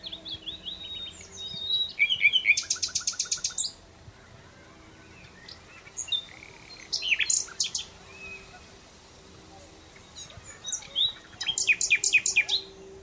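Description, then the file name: Common Nightingale singing: a loud rattling trill of rapidly repeated notes, scattered sharp chirps, and a closing burst of quick descending notes after quiet pauses. "Luscinia megarhynchos"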